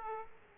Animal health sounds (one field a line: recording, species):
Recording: mosquito wingbeat signal from an infrared sensor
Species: Aedes aegypti